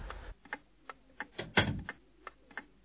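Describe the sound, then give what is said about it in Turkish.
Sharp knocks on a door at nearly midnight, a loose, uneven series of short raps with a louder cluster in the middle, and no voices. “Kapı çalıyor babacığım.”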